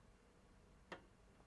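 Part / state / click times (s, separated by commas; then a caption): screw into plastic case thread boss / seated / 0.9 s. A screw turned backwards in a plastic thread boss of a Mac SE case drops into the existing thread with a small, sharp click at 0.9 s. The click is heard against a quiet background, and the screw is seated in the original thread.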